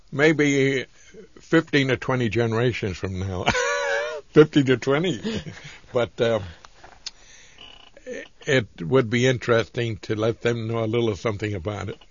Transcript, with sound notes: maybe fifteen or twenty generations from now, (he laughs) fifteen to twenty, it would be interesting to let them know a little something about it.